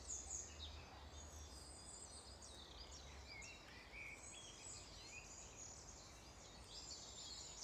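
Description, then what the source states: Birdsong heard as many quick, high chirps over a low wind rumble. Wind blowing.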